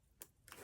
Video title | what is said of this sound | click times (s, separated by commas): How to size Vintage Cartier Santos Bracelet (mk1) | That was a little click. And now it's in. | 0.2 s